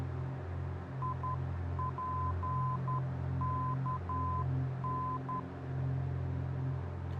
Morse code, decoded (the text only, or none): IPKN